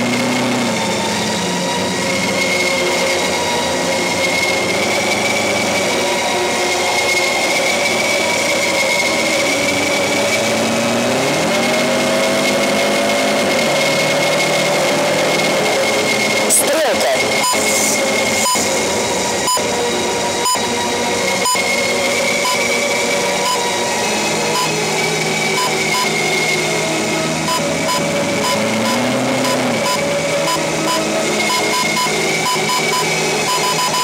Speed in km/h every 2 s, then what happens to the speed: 90, 94, 100, 100, 100, 107, 119, 131, 125, 111, 96, 85, 84, 83, 92, 91, 86.
0-15 speeds up to 131. 15-22 brakes to 85. 26-28 speeds up to 92. 28-34 steady at about 91.